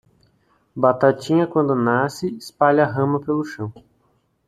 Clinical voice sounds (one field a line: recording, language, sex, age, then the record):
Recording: short text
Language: Brazilian Portuguese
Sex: male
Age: 50 to 59 years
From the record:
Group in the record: control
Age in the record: 53 years